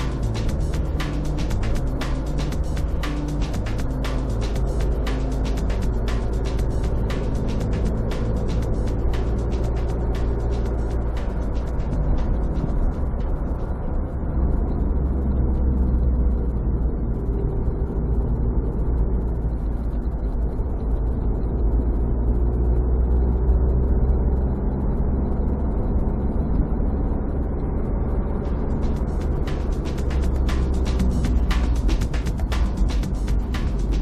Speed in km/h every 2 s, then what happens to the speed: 59, 56, 56, 55, 56, 62, 58, 50, 41, 38, 40, 43, 50, 51, 53, 48, 40.
0-11 steady at about 56. 11-17 brakes to 38. 17-24 speeds up to 50. 24-29 steady at about 51. 29-34 slows to 40.